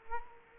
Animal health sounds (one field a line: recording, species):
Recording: mosquito wingbeat signal from an infrared sensor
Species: Culex quinquefasciatus